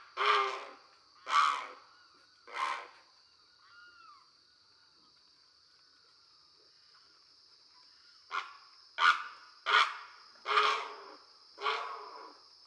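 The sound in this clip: Great Blue Heron giving coarse, grating squawks: three at the start, then a pause with a faint slurred whistle, then five more in a ragged series, with a constant high hum.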